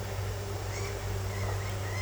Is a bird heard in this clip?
no